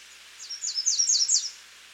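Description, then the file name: American redstart giving a single high, rapid phrase of several slurred zigzag notes lasting roughly one second. "Setophaga ruticilla - American Redstart"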